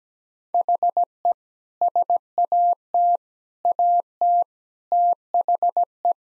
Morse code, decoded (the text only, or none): HE SAT AT THE